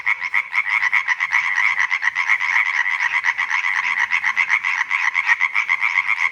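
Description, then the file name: European tree frog calling in a rapid rattling series of loud nasal knocks, several per second, continuing without pause throughout. "Hyla arborea Laubfrosch Rufe"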